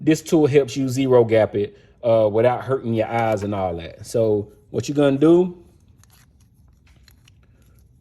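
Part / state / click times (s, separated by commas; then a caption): zero-gapping tool onto hair trimmer blade / not seated / none. A zero-gapping tool is lined up on the blade of a Babyliss Pro FlashFX cordless hair trimmer and is still being fitted before it is pushed home. Someone talks for the first five and a half seconds, then faint small handling ticks and taps follow in near silence. Nothing has seated or clicked yet.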